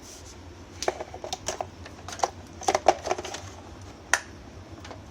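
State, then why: Seated. A removable part of a robot vacuum cleaner with a wet mop, cleaned and located near the small motor, is fitted back into the unit's body. Small handling knocks and taps are heard from about 0.9 to 3.4 seconds, followed by one sharp click at 4.1 seconds. The part is seated and the unit is ready to use again.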